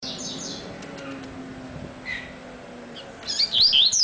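Double-collared seedeater song: a brief burst of high, rapid twittering notes near the end, after faint scattered chirps and a low steady background hum.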